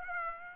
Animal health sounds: mosquito wingbeat signal from an infrared sensor; Aedes aegypti

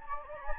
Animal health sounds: mosquito wingbeat signal from an infrared sensor; Anopheles gambiae

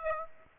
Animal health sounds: mosquito wingbeat signal from an infrared sensor; Aedes aegypti

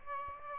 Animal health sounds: mosquito wingbeat signal from an infrared sensor; Aedes albopictus

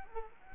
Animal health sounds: mosquito wingbeat signal from an infrared sensor; Culex quinquefasciatus

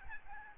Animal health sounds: mosquito wingbeat signal from an infrared sensor; Aedes albopictus

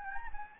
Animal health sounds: mosquito wingbeat signal from an infrared sensor; Anopheles gambiae

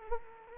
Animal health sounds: mosquito wingbeat signal from an infrared sensor; Culex quinquefasciatus

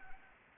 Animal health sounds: mosquito wingbeat signal from an infrared sensor; Anopheles gambiae

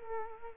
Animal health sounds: mosquito wingbeat signal from an infrared sensor; Culex quinquefasciatus

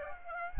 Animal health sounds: mosquito wingbeat signal from an infrared sensor; Aedes aegypti

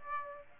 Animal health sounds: mosquito wingbeat signal from an infrared sensor; Aedes aegypti

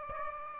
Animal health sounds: mosquito wingbeat signal from an infrared sensor; Aedes aegypti

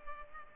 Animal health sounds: mosquito wingbeat signal from an infrared sensor; Culex pipiens

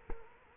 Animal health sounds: mosquito wingbeat signal from an infrared sensor; Culex quinquefasciatus

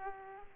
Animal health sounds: mosquito wingbeat signal from an infrared sensor; Aedes aegypti

